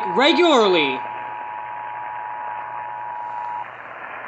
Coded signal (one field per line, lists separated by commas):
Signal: Emergency Alert System (SAME) tones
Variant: 853 and 960 Hz attention tone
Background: speech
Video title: Georgia AMBER Alert but all expectations are defied | EAS #1798-1801 (12/1/2021)